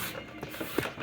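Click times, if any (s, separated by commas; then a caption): none. The plastic bottom cover of a PlayStation 4 game console is slid onto the console chassis from the front, as part of replacing the disk drive. Only soft handling and rubbing sounds are heard, with a brief louder bump around 0.4 s. Nothing has snapped or seated yet.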